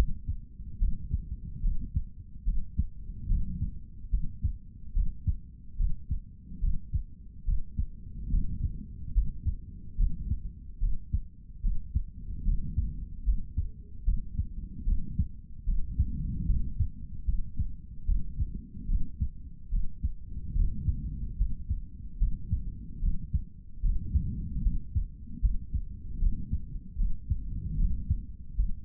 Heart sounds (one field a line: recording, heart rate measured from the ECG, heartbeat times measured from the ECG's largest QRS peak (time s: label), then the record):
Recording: heart sounds by stethoscope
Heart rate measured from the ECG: 73 bpm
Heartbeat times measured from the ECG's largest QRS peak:
0.79 s: heartbeat
1.62 s: heartbeat
2.45 s: heartbeat
3.28 s: heartbeat
4.10 s: heartbeat
4.93 s: heartbeat
5.77 s: heartbeat
6.60 s: heartbeat
7.45 s: heartbeat
8.30 s: heartbeat
9.13 s: heartbeat
9.97 s: heartbeat
10.80 s: heartbeat
11.62 s: heartbeat
12.44 s: heartbeat
13.25 s: heartbeat
14.04 s: heartbeat
14.85 s: heartbeat
15.65 s: heartbeat
16.46 s: heartbeat
17.25 s: heartbeat
18.06 s: heartbeat
18.87 s: heartbeat
19.70 s: heartbeat
20.54 s: heartbeat
21.37 s: heartbeat
22.18 s: heartbeat
23.00 s: heartbeat
23.82 s: heartbeat
24.63 s: heartbeat
25.41 s: heartbeat
26.19 s: heartbeat
26.97 s: heartbeat
27.77 s: heartbeat
28.56 s: heartbeat
From the record:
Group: healthy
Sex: male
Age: 55 years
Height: 167 cm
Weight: 57.2 kg